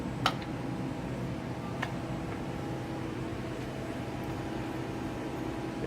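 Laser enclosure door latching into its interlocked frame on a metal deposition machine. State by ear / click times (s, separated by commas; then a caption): seated / 0.3 s. After the interlock key is inserted and turned, the metal laser-safety enclosure door of a metal deposition machine is pushed shut, and its latch clicks closed into the interlocked frame at 0.3 s. A sharp hit follows at 1.8 s over a steady mechanical hum, and the door is seated and latched.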